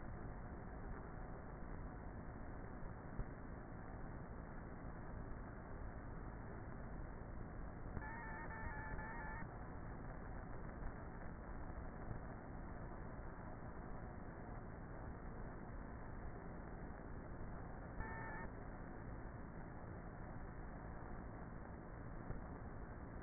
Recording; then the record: honeybee colony, microphone inside the hive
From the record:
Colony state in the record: queenless with a low population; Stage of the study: before two queens were removed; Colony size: about 30,000 bees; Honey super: no